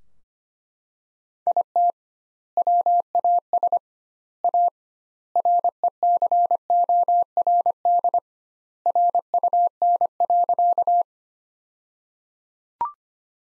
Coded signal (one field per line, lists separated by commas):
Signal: Morse code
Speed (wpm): 25 wpm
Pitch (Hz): 700 Hz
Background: none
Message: IT WAS A RECORD RUN.